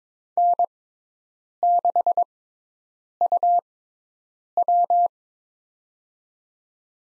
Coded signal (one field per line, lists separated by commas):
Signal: Morse code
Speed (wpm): 22 wpm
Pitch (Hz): 700 Hz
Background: none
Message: N6UW